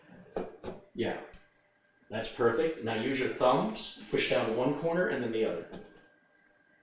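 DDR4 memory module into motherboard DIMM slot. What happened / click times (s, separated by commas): Handled, not yet seated: no clear latch click / none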